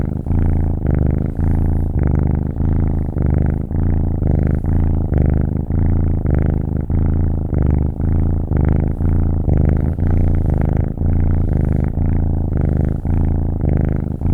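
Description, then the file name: Cat purring: a kitten gives a deep, continuous rumble that pulses evenly with each breath throughout, with little else heard. "Kitten Purring"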